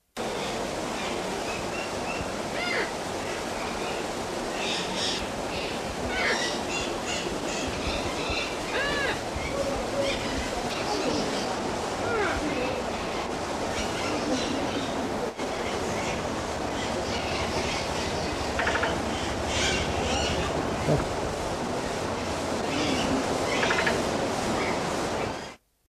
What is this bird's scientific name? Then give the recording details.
Eclectus roratus. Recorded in captivity. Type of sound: call. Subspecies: vosmaeri. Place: Vogelpark Walsrode, Niedersachsen, DE. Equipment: Halbspur, 9,5 cm/s. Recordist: Lütgens, Hans. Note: Rufe